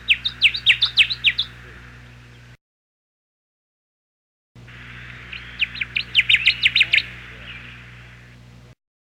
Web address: 101 Bird Songs. Connecticut Warbler